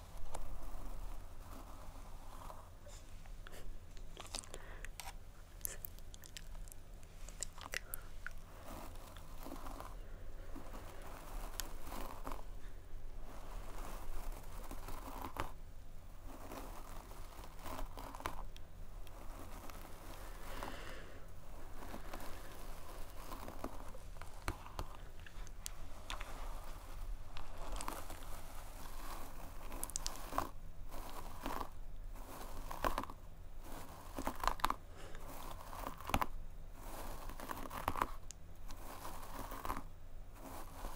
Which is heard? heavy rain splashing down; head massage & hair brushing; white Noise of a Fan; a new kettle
head massage & hair brushing